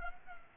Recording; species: mosquito wingbeat signal from an infrared sensor; Culex pipiens